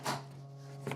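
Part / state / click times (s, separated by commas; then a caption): plywood basket side piece into tab slots of the basket base / seated / 0.1 s, 0.9 s. A 3mm Baltic birch plywood side piece of a laser-cut basket is pressed onto the tabs of the basket base, the kerf giving a tight friction fit. Sharp snaps are heard at about 0.1 s and again at 0.9 s, over a steady low hum. The side piece snaps in and seats firmly.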